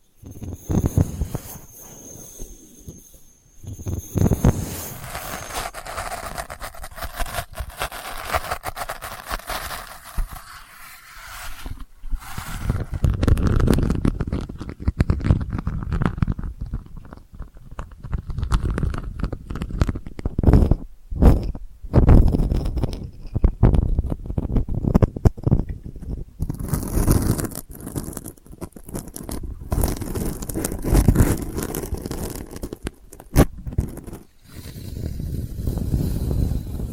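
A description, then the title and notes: Delicate scratching with soft, dense scraping textures and low rumbling, broken by brief pauses near 4 and 12 seconds and sharper crackly bursts later. ASMR Delicate Scratching for Sleep (No Talking).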